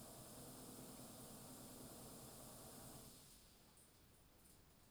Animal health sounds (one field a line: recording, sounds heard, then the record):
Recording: poultry house recording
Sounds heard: no chicken sound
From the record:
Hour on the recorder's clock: 23